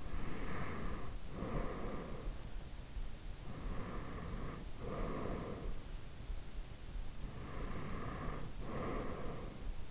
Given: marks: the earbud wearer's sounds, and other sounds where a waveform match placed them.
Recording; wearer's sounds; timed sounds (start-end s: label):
sounds in sleep by an in-ear microphone; breath
0.00-2.56 s: breath
3.44-5.91 s: breath
7.17-9.57 s: breath